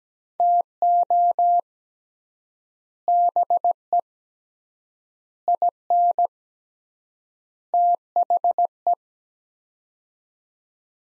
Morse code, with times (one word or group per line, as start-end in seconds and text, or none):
0.4-1.6 TO
3.1-4.0 BE
5.5-6.3 IN
7.7-8.9 THE